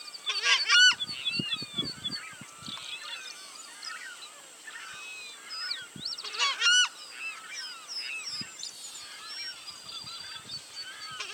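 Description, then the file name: Southern screamer giving loud, harmonic honking calls in two bursts near the start and middle, with many other birds chattering and whistling throughout. "Voz-Chajá"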